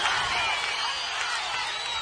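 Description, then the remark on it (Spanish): A crowd at a tropical music concert in Curicó applauds and cheers in a steady, dense wash of clapping and shouts that holds at an even loudness for about two seconds, with a few higher whoops poking through. “Un aplauso, un aplauso, un aplauso.”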